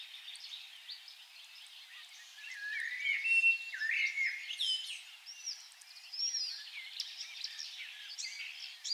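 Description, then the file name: Common blackbird giving a jumble of high squeaky twittering notes with a few clearer whistled phrases, over faint background hiss. "Turdus merula"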